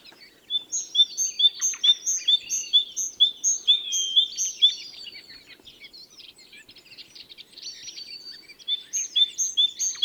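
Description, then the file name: Great tit delivering quick repeated two-note phrases, sharp and whistled, then a quieter mixed twitter before the rhythmic phrase returns. "Parus major"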